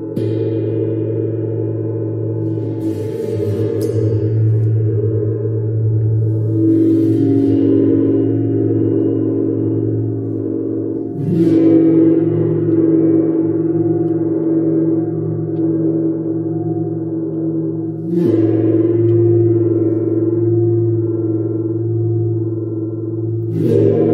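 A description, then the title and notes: A gong and Tibetan singing bowls ring in a steady, low, humming drone, with fresh strikes near 3, 11, 18 and 23 seconds. Sacred Healing with Venus Gong and Sacred Yoni Tibetan Singing Bowls.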